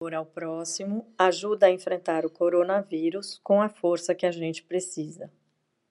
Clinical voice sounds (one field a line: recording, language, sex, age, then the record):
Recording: spoken sentence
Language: Brazilian Portuguese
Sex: female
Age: 50 to 59 years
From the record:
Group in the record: control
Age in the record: 51 years